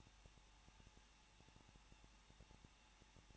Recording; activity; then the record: daily activity, microphone in the room; no activity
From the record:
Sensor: 1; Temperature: 20.1 degrees Celsius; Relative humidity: 39.0%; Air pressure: 1006.5 hPa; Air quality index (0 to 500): 216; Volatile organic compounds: 71 ppm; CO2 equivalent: 3532 ppm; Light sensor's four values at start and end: 1/2/1/1 and 1/2/1/1